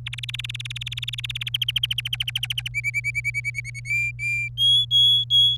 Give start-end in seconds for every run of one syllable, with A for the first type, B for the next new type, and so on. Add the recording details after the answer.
0.06-1.49 A, 1.54-2.68 B, 2.74-3.80 C, 3.85-4.49 D, 4.57-5.57 E. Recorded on 27 April 2018 at 15:10. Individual llb3